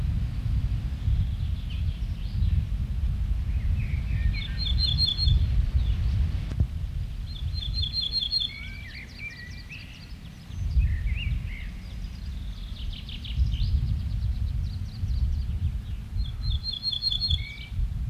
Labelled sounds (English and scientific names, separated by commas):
Ortolan Bunting (Emberiza hortulana)